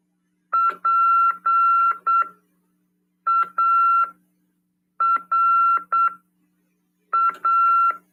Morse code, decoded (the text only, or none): PARA